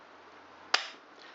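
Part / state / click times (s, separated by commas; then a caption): tapered valve collets in the valve spring retainer on a motorcycle cylinder head / released / 0.8 s. With a valve spring compressor loading the spring on a Honda SL125 motorcycle cylinder head, the tool is knocked so the tapered valve collets in the valve spring retainer come free from the valve stem. A single sharp click sounds at 0.8 s over quiet background, with a brief ringing decay. The collets are released.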